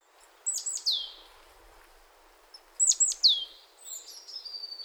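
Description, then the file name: Great tit calls: short groups of high notes sliding steeply downward, repeated after a pause, followed by a thin drawn-out note, over steady background hiss. "Parus major"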